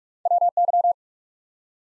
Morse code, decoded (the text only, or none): WY